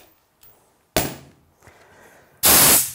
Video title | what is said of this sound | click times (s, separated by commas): Pentair Südmo Single Seat Valve SVP Basic Series – Maintenance Video | eight newton meter again so when you hear the click that's it | 1.0 s